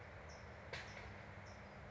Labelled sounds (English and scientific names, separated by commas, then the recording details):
California Towhee (Melozone crissalis)
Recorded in Sonoma County, California